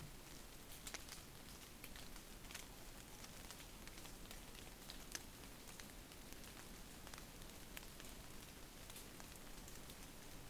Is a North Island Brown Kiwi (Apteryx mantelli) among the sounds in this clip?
no